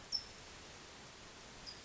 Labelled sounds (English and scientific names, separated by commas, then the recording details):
California Towhee (Melozone crissalis)
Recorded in Sonoma County, California